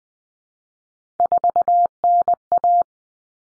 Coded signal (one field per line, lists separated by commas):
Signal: Morse code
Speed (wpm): 20 wpm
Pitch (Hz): 700 Hz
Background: none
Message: 4NA